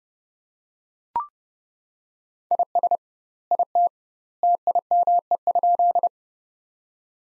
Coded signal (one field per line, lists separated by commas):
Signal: Morse code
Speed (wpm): 32 wpm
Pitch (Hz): 700 Hz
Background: none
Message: IS IT TIME?